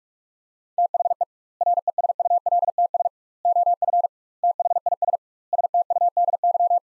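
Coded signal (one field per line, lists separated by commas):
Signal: Morse code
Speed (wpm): 46 wpm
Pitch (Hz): 700 Hz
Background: none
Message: THE RESULTS OF THIS STUDY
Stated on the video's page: Morse practice of five-word sets sent at 45 WPM with double word spacing, a word-level analogue of Farnsworth spacing, for head-copy training.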